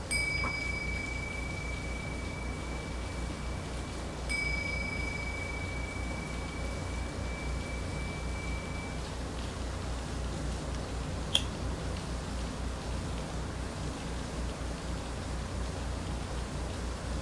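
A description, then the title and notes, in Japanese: Steady, dense rain hiss runs throughout while a singing bowl rings a high, clear tone, struck again near four seconds and fading by nine. 雨音とシンギングボウル 呼吸を整える音。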